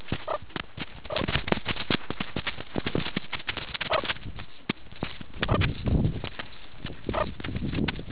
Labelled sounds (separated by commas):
meerkat close call